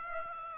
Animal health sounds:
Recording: mosquito wingbeat signal from an infrared sensor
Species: Aedes aegypti

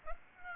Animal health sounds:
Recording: mosquito wingbeat signal from an infrared sensor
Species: Aedes aegypti

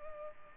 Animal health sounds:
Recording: mosquito wingbeat signal from an infrared sensor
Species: Culex pipiens

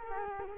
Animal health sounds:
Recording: mosquito wingbeat signal from an infrared sensor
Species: Culex quinquefasciatus

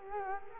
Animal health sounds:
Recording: mosquito wingbeat signal from an infrared sensor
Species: Culex quinquefasciatus

